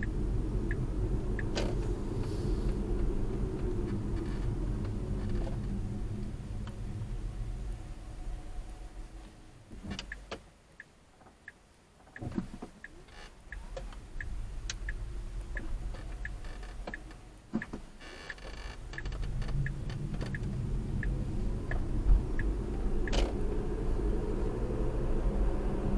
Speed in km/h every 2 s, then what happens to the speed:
39, 35, 21, 8, 0, 0, 0, 8, 0, 15, 35, 48, 56.
0-8 brakes to 0. 8-12 standing. 15-26 speeds up to 56.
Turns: 16-20.